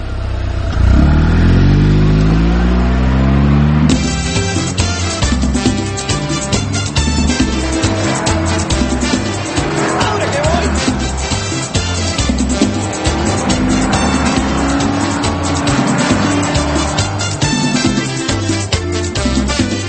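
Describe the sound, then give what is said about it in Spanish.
A car engine revs hard, its pitch climbing steeply over the first few seconds, then keeps roaring loudly and steadily as the car pulls away, its occupants driving off to go eat something. “Vamos a comer algo. Pero vamos en mi auto.”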